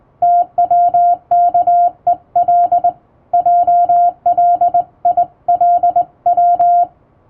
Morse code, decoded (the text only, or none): TWKEL JLILW